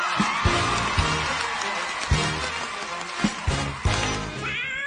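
A cat meows over bouncy, rhythmic music with a steady thumping beat, with a high, wavering mew rising clearly near the end.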